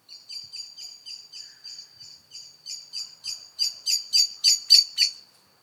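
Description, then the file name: Eurasian blackbird call series: quick high ticking notes that start soft and grow louder and more forceful toward the end before stopping. "Turdus merula"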